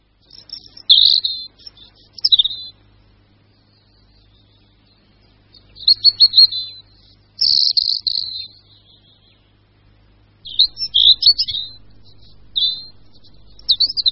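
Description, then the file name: European robin song: high, thin, twittering phrases with fast warbled trills, given in separate bursts with pauses of a few seconds between them. "Červenka-obecná"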